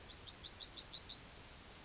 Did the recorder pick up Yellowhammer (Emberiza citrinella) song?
yes